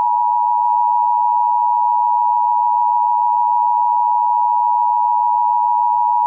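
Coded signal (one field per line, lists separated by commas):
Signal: Emergency Alert System (SAME) tones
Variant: 853 and 960 Hz attention tone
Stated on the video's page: Fictional EAS scenario, not a real alert.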